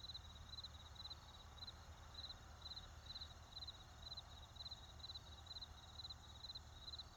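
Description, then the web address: Cricket chirping, steady and high in brief pulses, with a continuous low road rumble underneath. Crickets with a road and forest in the background. "Debarup Travel Films - Crickets with Road and Forest"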